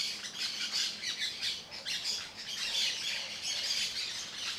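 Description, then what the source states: Parakeets squawking and chirping together in a constant high-pitched, scratchy flock chorus. Many parakeets singing together.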